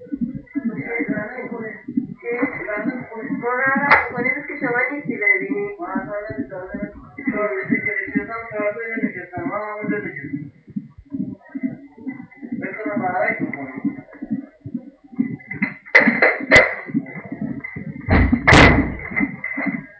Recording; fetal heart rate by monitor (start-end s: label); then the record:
fetal heart sounds by stethoscope on the mother's abdomen
0.00-10.00 s: 138 bpm
10.00-20.00 s: 134 bpm
From the record:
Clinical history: preeclampsia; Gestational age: 34 weeks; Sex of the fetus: boy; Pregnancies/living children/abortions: 1/0/0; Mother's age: 25 years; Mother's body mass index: 26.3